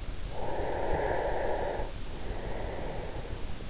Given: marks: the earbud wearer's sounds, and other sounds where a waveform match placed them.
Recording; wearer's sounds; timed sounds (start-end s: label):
sounds in sleep by an in-ear microphone; breath
0.51-3.62 s: breath